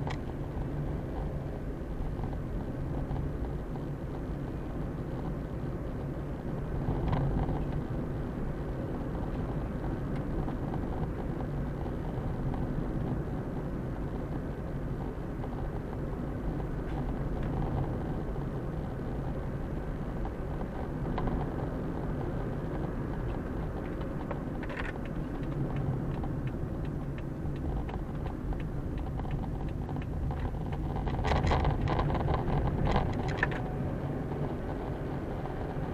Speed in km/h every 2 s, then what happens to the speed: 34, 37, 39, 42, 44, 44, 43, 44, 45, 46, 47, 48, 43, 37, 30, 26, 32, 39.
0-8 speeds up to 44. 8-22 steady at about 44. 22-29 slows to 26. 31-36 speeds up to 39.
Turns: none.